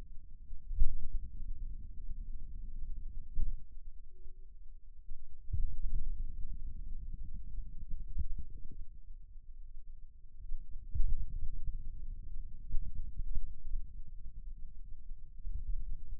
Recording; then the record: forearm muscle sounds (acoustic myography)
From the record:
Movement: finger pinch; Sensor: system 2, bracelet of six BSWA MPA416 microphones around the upper forearm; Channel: 2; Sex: male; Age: 22 years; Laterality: right